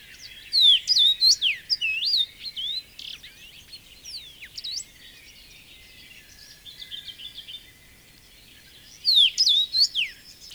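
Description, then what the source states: Common rosefinch song, a bright phrase of slurred, rising and falling whistles at the start and another near the end, with faint bird chatter between. Found in suitable shrubland across southern and central Finland; fairly rare 20-30 years earlier.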